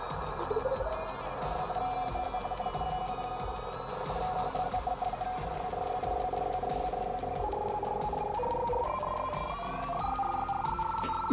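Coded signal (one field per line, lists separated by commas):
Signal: RTTY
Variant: 50 baud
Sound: fast two-tone warble whose pitch shifts upward as the receiver is tuned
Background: radio static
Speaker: we combine the left part of the signal with a mark on the spectrum and turn on the decoding speed of 50 bots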